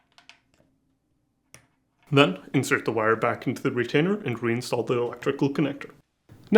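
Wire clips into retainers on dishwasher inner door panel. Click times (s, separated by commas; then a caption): 0.3 s, 1.5 s. Wire clips are aligned with the plastic retainers on a Whirlpool, KitchenAid or Maytag dishwasher inner door panel (part # W10908291) and pressed into place, producing short sharp clicks at 0.3 s and 1.5 s as they seat. Someone then talks from about 2.1 s to the end.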